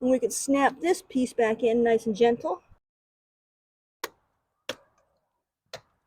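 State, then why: Seated. Someone talks, then a plastic coil-pack (ignition) wiring harness rail is pressed back onto the valve cover of a BMW M54/M52tu engine (Z3, E36, E39, E46, 325i, 330i, 525i, 530i) after a valve cover gasket replacement. Its clips snap home with sharp clicks at 4.0 s, 4.7 s and 5.7 s, with a faint tick just after the second. The rail is seated back in place.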